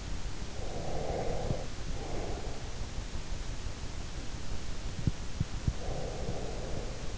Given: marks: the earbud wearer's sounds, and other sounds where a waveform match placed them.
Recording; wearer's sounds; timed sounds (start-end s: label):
sounds in sleep by an in-ear microphone; breath
0.50-2.62 s: breath
5.70-7.18 s: breath